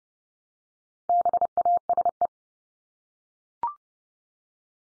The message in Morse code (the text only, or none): BASE